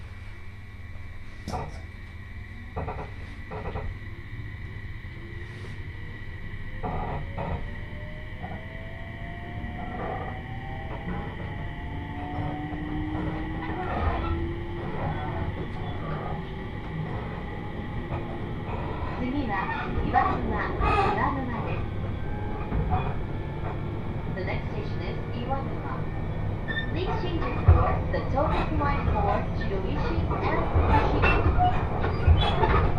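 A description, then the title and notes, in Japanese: A train ride on the Joban Line, with a steady low rumble, rising whining motor tones, and frequent clicks and clatters that thicken toward the end. 鉄道旅 常磐線 仙台→浜吉田。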